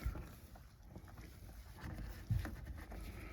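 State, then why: Seated. A plastic speaker adapter connector is pushed into the rear speaker wiring plug of a 2019+ Toyota RAV4 during an Infinity Reference 6532 speaker upgrade. After a few soft handling rustles, a sharp click is heard at 2.4 s as the harness connector seats.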